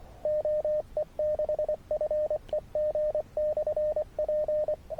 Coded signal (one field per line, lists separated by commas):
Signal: Morse code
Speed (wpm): 22 wpm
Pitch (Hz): 590 Hz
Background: radio noise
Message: OE6FEG/P